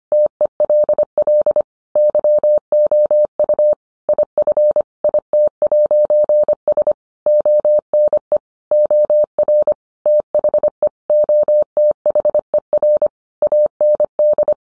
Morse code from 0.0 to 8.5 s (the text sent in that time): TELL YOU IF IT'S ONE